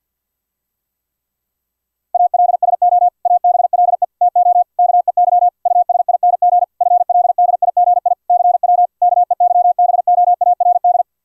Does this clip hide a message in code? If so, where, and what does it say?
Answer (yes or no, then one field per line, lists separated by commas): yes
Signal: Morse code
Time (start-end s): 2.1-11.0 s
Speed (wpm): 50 wpm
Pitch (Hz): 710 Hz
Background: none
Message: ALSO ABLE TO KEY USING FLDIGI CW KEYBOARD